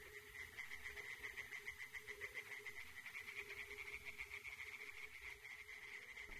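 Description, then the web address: Tree frogs in chorus, many rapid overlapping pulsed croaks forming a steady rattling hum, with a fainter lower tone beneath. Chorus of tree frogs in a primeval forest. "Przyroda Tajemnice puszczy Koncert rzekotek"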